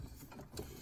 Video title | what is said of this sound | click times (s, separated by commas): How to replace / remove radio & heater controls & radio on Dodge Journey & Fiat Fremont. | I felt that one click. | 0.6 s